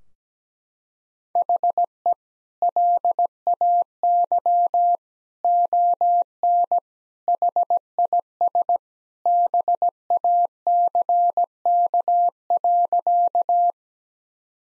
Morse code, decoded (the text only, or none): HE LAY ON HIS BACK.